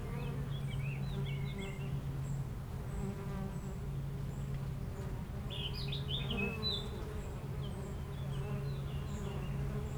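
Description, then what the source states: Honey bees droning low and steady under bright bird chirps, including a twittering burst of high notes partway through. Foraging honey bees flying constantly to and from flowers between two hives of a garden apiary in Aix-les-Bains, France; a few birds in the nearby woods.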